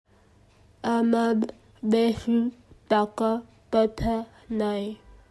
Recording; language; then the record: elicited speech; Bengali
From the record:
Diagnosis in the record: Broca's or global aphasia after a stroke